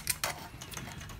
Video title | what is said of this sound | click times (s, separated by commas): PS3 CECHA01/CECHE01 Wifi Network/Bluetooth Replacement (No WiFi / Controllers Not Connecting Repair) | put it in and then push it down until you hear the clip click | 0.1 s, 0.2 s